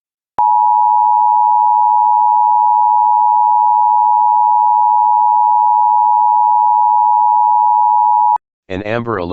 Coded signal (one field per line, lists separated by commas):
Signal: Emergency Alert System (SAME) tones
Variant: 853 and 960 Hz attention tone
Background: speech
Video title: EAS Child Abduction Emergency (AMBER Alert) Los Angeles/Riverside, California Regional Alert